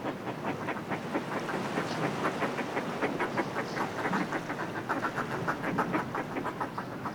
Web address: Fulmar